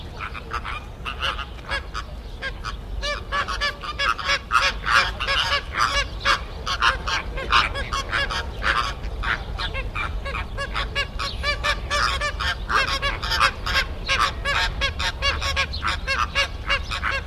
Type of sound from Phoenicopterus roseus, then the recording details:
aggressive call. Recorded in captivity. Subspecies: roseus. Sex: group. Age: adult. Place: Tierpark Berlin, Berlin, DE. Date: 1978-04-10 12:17. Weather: sunny, 14°C. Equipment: Uher 4200 Report Stereo, Sennheiser MD 421 HL, Verstärker. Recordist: Tembrock, Günter. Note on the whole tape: Rosaflamingo, Phoenicopterus ruber roseus (bei Tembrock). Agonistische Laute. Abstand: 15 m